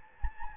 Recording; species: mosquito wingbeat signal from an infrared sensor; Anopheles gambiae